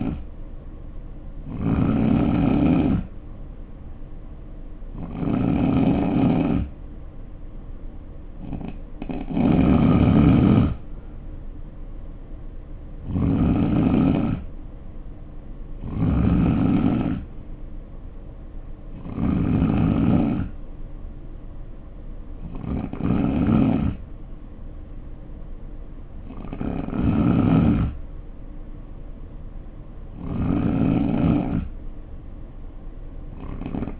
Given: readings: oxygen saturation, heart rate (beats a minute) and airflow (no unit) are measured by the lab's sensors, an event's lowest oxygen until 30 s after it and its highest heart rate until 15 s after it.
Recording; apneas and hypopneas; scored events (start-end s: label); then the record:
breathing in sleep by a smartphone at the bedside; none
18.00-34.00 s: new sleep stage, N3 (deep sleep)
From the record:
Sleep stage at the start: N2 (light sleep); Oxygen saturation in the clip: 88 to 91%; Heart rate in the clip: 59 to 70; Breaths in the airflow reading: 9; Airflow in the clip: -4.5 to 5.1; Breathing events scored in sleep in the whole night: 520 in 7.2 hours asleep